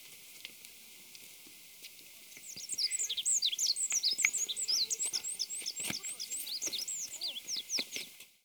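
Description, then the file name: Olive-backed pipit song: after a quiet start, a long, fast, high twittering run of varied thin trills and buzzy notes, sustained to the end. "binzui"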